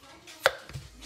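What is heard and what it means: A spoon wedged under the metal lid of a glass pickle jar is levered back until the vacuum seal breaks with a sharp, bright pop at 0.5 s. A fainter low knock follows around 0.7 s. The seal is released and the lid is loosened.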